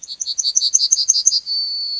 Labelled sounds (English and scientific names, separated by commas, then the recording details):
Yellowhammer (Emberiza citrinella) song
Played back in forest
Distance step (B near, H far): B
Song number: 141